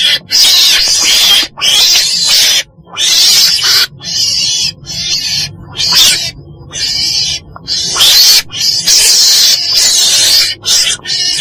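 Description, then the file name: Weasel producing a long run of grating, high screeches, bursts varying in length with short silent breaks in between. Black weasel (chồn đen) calling. "tieng chon den keu"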